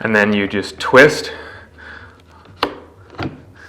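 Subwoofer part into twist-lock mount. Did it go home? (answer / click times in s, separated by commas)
yes / 2.6 s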